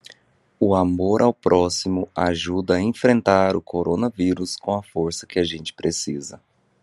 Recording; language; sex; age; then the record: spoken sentence; Brazilian Portuguese; male; 30 to 39 years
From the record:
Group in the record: control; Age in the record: 32 years